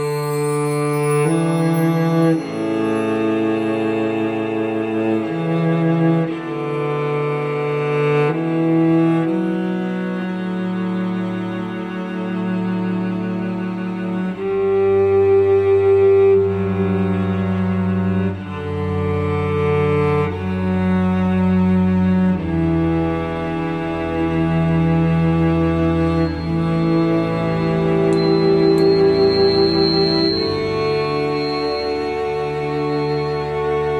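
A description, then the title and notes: Soft, slow music of long sustained chords, each held for a few seconds before gliding into the next, with a steady low bass underneath. The level stays even throughout, and near the end a thin, pure high ringing tone hovers above the chords. This podcast has no talking just soothing music and Tuning Forks to help you balance your energies.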